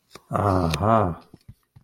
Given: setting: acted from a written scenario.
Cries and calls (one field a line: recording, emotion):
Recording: vocal sound without words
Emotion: realization